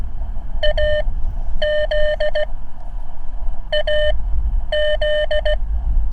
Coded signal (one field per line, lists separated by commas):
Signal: Morse code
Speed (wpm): 16 wpm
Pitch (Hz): 600 Hz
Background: none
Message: AZ AZ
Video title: My CW Journey: 5th Activation - uSDX+ Transceiver